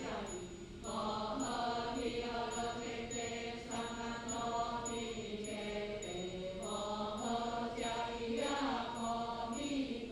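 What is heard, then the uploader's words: Morning prayers are chanted in Lungshan Temple, Taipei, voices holding long sustained tones that shift pitch slowly and continuously. A high, thin ringing tone repeats about every second throughout, like a small bell or chime. The chant starts after a brief quieter moment. Sound of chanting of first morning prayers in Lungshan Temple, Taipei.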